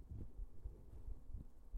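Soft, muffled low thumps recur at a roughly steady pace, some falling in lub-dub pairs, with nearly all the sound very deep in pitch. This is an adult's heartbeat picked up through a microphone pressed to the chest, faint under low rumbling handling noise.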